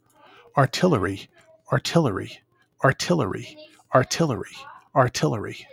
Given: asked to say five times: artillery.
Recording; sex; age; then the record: repeated word; male; 40 to 49 years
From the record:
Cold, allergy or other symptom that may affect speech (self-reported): no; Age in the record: 45 years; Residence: New Jersey, United States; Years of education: 16